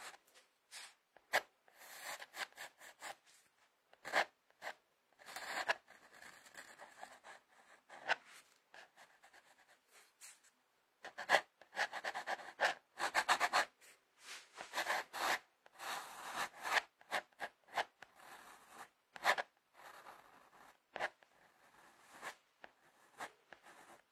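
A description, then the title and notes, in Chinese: A pencil scratches across paper in bursts of quick, bright rustling strokes, pausing briefly between them, with some sharper taps and longer scribbles throughout. 铅笔画画 沙沙沙…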